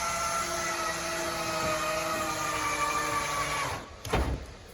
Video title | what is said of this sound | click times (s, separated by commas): 2024 FOREST RIVER WILDWOOD 28VBXL STK# 13702 | So there we go, locks into place. | 4.1 s